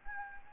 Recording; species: mosquito wingbeat signal from an infrared sensor; Anopheles gambiae